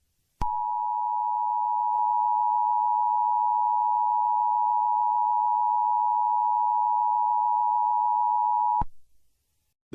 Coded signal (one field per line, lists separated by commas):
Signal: Emergency Alert System (SAME) tones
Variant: 853 and 960 Hz attention tone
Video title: EAS Scenario/Mock #10 - Demon’s Fury